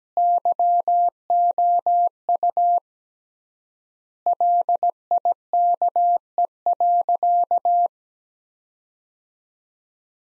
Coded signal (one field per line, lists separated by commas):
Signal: Morse code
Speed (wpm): 17 wpm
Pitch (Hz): 700 Hz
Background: none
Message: YOU LIKE.